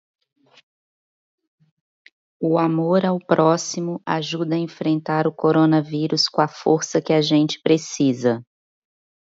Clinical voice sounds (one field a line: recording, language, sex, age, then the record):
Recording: spoken sentence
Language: Brazilian Portuguese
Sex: female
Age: 30 to 39 years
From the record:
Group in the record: control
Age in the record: 35 years